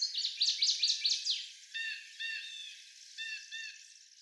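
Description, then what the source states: Northern waterthrush song: a quick series of emphatic downslurred notes, followed by short repeated whistled notes from another bird. 17 songs of the species.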